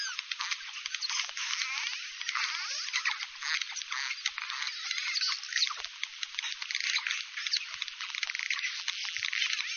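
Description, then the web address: Bottlenose dolphin producing dense crackling pulse bursts and quick whistle sweeps, continuous throughout against a hissy background. "KAIROS bottlenose dolfin"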